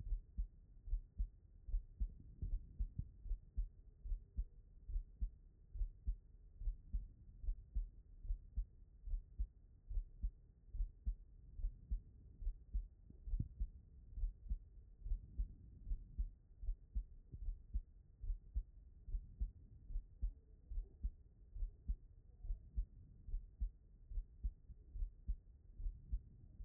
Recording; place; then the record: heart sounds by stethoscope; tricuspid valve (TV)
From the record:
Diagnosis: non-HFrEF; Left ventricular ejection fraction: 60%